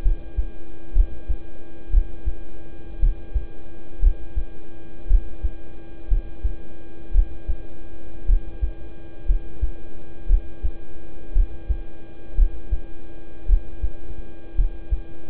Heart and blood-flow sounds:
heart sounds by stethoscope; between the tricuspid and mitral areas; 58 bpm
0.02 s: heartbeat
0.92 s: heartbeat
1.90 s: heartbeat
2.99 s: heartbeat
3.99 s: heartbeat
5.07 s: heartbeat
6.07 s: heartbeat
7.11 s: heartbeat
8.25 s: heartbeat
9.25 s: heartbeat
10.26 s: heartbeat
11.32 s: heartbeat
12.34 s: heartbeat
13.45 s: heartbeat
14.55 s: heartbeat
From the record:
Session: rest, lying down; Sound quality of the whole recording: good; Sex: male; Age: 26 years

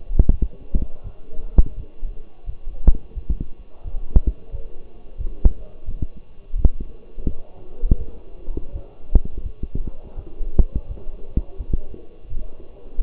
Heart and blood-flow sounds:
heart sounds by stethoscope; between the tricuspid and mitral areas; 85 bpm
0.30 s: heartbeat
1.03 s: heartbeat
1.76 s: heartbeat
2.46 s: heartbeat
3.14 s: heartbeat
3.84 s: heartbeat
4.51 s: heartbeat
5.17 s: heartbeat
5.85 s: heartbeat
6.55 s: heartbeat
7.25 s: heartbeat
7.97 s: heartbeat
8.72 s: heartbeat
9.42 s: heartbeat
10.15 s: heartbeat
10.87 s: heartbeat
11.57 s: heartbeat
12.29 s: heartbeat
13.00 s: heartbeat
From the record:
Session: walking at 3.7 km/h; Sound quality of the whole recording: partially saturated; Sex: male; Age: 24 years

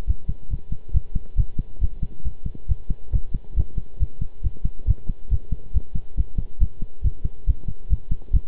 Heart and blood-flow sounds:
heart sounds by stethoscope; between the tricuspid and mitral areas; 138 bpm
0.07 s: heartbeat
0.50 s: heartbeat
0.94 s: heartbeat
1.37 s: heartbeat
1.81 s: heartbeat
2.25 s: heartbeat
2.68 s: heartbeat
3.13 s: heartbeat
3.56 s: heartbeat
4.00 s: heartbeat
4.43 s: heartbeat
4.87 s: heartbeat
5.31 s: heartbeat
5.74 s: heartbeat
6.17 s: heartbeat
6.60 s: heartbeat
7.04 s: heartbeat
7.47 s: heartbeat
7.90 s: heartbeat
8.33 s: heartbeat
From the record:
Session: pedaling a stationary bicycle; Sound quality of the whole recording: good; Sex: male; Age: 23 years

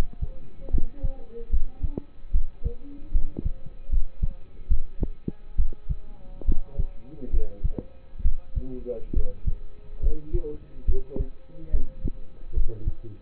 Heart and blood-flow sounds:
heart sounds by stethoscope; between the tricuspid and mitral areas; 71 bpm
0.71 s: heartbeat
1.50 s: heartbeat
2.32 s: heartbeat
3.12 s: heartbeat
3.90 s: heartbeat
4.68 s: heartbeat
5.56 s: heartbeat
6.45 s: heartbeat
7.31 s: heartbeat
8.22 s: heartbeat
9.13 s: heartbeat
10.00 s: heartbeat
10.86 s: heartbeat
11.71 s: heartbeat
12.54 s: heartbeat
From the record:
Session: rest, lying down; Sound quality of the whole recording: partially saturated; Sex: male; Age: 27 years

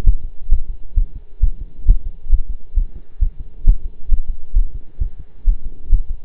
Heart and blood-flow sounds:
heart sounds by stethoscope; between the tricuspid and mitral areas; 133 bpm
0.06 s: heartbeat
0.52 s: heartbeat
0.97 s: heartbeat
1.43 s: heartbeat
1.88 s: heartbeat
2.32 s: heartbeat
2.77 s: heartbeat
3.22 s: heartbeat
3.67 s: heartbeat
4.11 s: heartbeat
4.56 s: heartbeat
5.01 s: heartbeat
5.47 s: heartbeat
5.92 s: heartbeat
From the record:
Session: pedaling a stationary bicycle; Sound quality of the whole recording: partially saturated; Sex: male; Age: 23 years

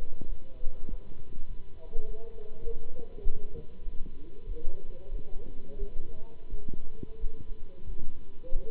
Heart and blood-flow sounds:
heart sounds by stethoscope; between the tricuspid and mitral areas; 94 bpm
0.26 s: heartbeat
0.87 s: heartbeat
1.46 s: heartbeat
2.04 s: heartbeat
2.63 s: heartbeat
3.21 s: heartbeat
3.82 s: heartbeat
4.45 s: heartbeat
5.10 s: heartbeat
5.77 s: heartbeat
6.48 s: heartbeat
7.18 s: heartbeat
7.85 s: heartbeat
8.52 s: heartbeat
From the record:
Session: Bruce protocol treadmill stress test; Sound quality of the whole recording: good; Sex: male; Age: 26 years

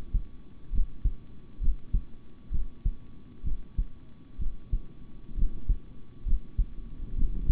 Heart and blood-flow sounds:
heart sounds by stethoscope; between the tricuspid and mitral areas; 65 bpm
0.71 s: heartbeat
1.60 s: heartbeat
2.50 s: heartbeat
3.43 s: heartbeat
4.38 s: heartbeat
5.35 s: heartbeat
6.24 s: heartbeat
7.15 s: heartbeat
From the record:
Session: rest, sitting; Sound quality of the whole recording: good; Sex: male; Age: 26 years

